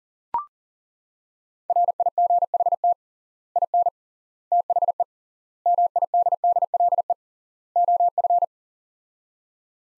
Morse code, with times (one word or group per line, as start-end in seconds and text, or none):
1.7-2.9 RIGHT
3.6-3.9 IN
4.5-5.0 THE
5.7-7.1 MIDDLE
7.8-8.4 OF